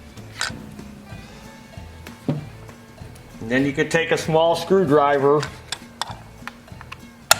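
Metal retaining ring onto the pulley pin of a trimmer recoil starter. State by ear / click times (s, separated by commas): seated / 7.3 s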